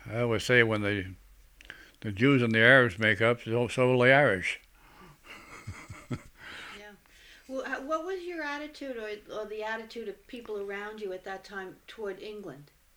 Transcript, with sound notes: always say, when the Jews and the Arabs make up, so will the Irish. ( he laughs )
Yeah. What was your attitude, or the attitude of people around you at that time toward England?